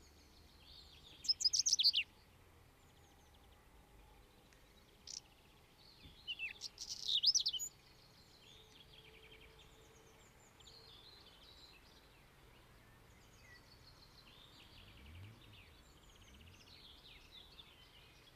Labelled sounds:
Whinchat song

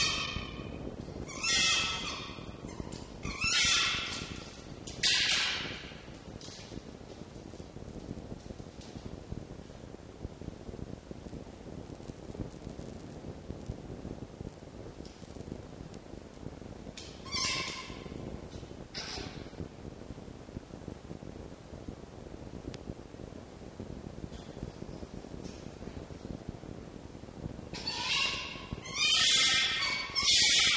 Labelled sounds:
Red Fox

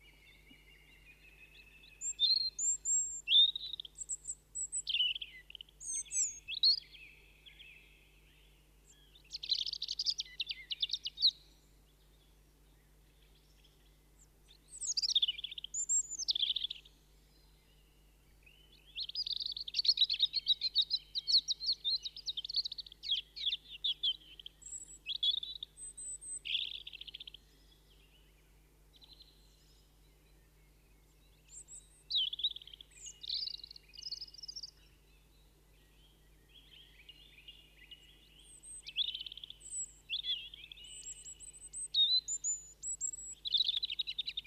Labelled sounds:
European Robin song

